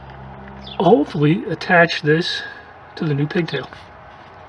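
Someone talks while working on a 2006 Suzuki Aerio fuel injector electrical lead, handling a new replacement wiring pigtail connector that is about to be pushed onto the fuel injector's electrical plug. Only speech over a low steady background is heard, with no distinct click. Nothing has seated or clicked yet.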